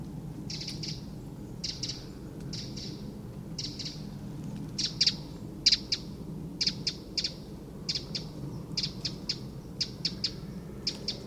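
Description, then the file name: Eurasian wren giving sharp, dry ticking calls, singly and in quick clusters, scattered irregularly throughout over a steady low rumble. "Troglodytes troglodytes"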